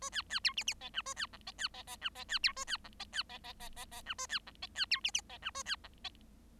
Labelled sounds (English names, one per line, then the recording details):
Bengalese Finch song
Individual Bird7